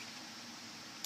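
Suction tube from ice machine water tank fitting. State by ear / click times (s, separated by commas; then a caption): released / 1.1 s. A plastic suction tube on a commercial ice machine has its tabs squeezed and is pulled clear of its water tank fitting so the tank can drain. Steady broadband hiss fills the clip, and a short, sharp click at 1.0 s marks the tube unclipping and releasing from the fitting.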